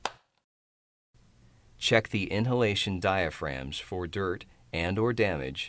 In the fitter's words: Then push the retainer onto the cartridge until it snaps into place.